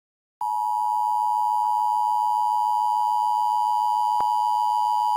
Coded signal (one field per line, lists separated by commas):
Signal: Emergency Alert System (SAME) tones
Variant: 853 and 960 Hz attention tone